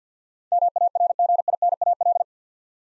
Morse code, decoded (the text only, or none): MARGINAL